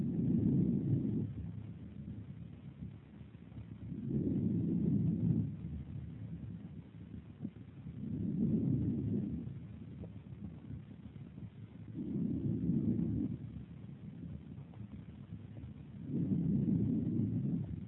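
Clear, regular vesicular breath sounds at about 15 a minute over the left axillary region of an adult with heart failure and a right-sided hydrothorax: normal breathing on the unaffected side, heard on comparative auscultation of the lungs.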